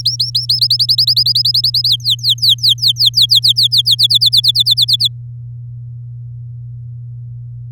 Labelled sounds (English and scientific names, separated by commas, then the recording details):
Domestic Canary (Serinus canaria) song
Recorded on 9 May 2018 at 06:45
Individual llb16